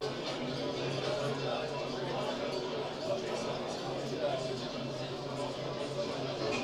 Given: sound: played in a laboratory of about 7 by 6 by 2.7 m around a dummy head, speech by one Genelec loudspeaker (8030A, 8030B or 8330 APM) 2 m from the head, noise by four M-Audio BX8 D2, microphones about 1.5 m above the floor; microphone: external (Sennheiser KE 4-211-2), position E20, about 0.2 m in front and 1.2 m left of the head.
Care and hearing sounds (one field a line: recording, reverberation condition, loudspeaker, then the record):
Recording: cafeteria noise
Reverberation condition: low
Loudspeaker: four, about 170 cm from the corners of the room and facing them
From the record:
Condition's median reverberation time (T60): about 310 ms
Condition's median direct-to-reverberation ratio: about 3.5 dB